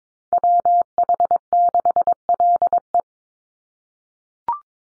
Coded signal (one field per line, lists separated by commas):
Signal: Morse code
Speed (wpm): 22 wpm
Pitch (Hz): 700 Hz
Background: none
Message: WH6LE